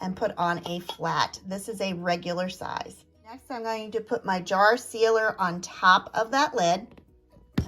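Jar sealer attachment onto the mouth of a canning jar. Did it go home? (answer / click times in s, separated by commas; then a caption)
yes / 7.6 s. A plastic vacuum jar-sealer attachment is pushed down over a flat, regular-size canning lid on the mouth of a glass canning jar until it snaps on. Someone talks for most of the clip. A sharp snap at 7.6 s marks the sealer seating on top of the jar.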